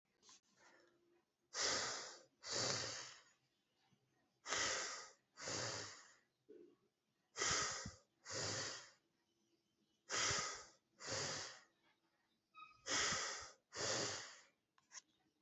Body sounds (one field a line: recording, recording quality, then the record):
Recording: deep breathing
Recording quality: excellent, no background noise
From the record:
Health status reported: healthy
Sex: male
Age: 25 years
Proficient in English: yes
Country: India